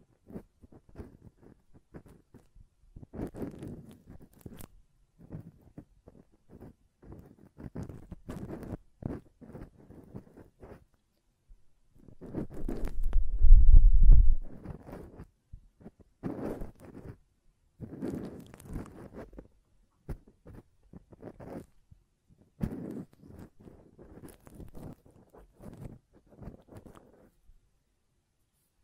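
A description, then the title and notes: Ear cleaning sounds: soft scratchy rubbing and rustling come in short, irregular bursts across the clip, with quiet gaps between them. Around the middle, at roughly 13 to 15 seconds, a louder, low, breathy rush stands out, like blowing. ASMR Ear Cleaning and Blowing (No Talking).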